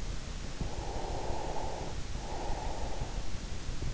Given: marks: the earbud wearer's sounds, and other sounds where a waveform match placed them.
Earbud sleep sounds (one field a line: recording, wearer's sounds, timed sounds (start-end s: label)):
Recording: sounds in sleep by an in-ear microphone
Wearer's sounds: breath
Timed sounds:
0.44-3.30 s: breath